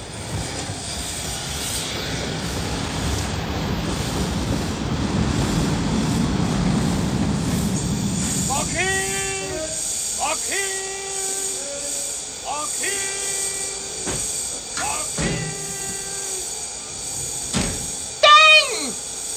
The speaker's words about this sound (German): Ja, der Zug.